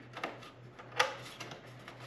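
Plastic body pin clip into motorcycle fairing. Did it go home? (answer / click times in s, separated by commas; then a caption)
yes / 1.0 s. A body pin is pushed into a plastic clip in the fairing of an Aprilia Tuono 660 Factory motorcycle during an EvoTech frame slider install. After a few faint ticks, a sharp click at 1.0 s marks the pin clipping in and seating, followed by a couple more quiet ticks.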